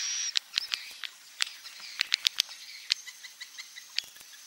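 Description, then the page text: Swiftlet calls: a short high buzz, then sharp twittering clicks scattered every fraction of a second. Roosting ("inap") lure call played to attract swiftlets to swiftlet houses; call style named "INAP BJA". "Suara Burung Walet sufar sinar 77 Suara Panggil, Suara Inap Dan Tarik. INAP BJA"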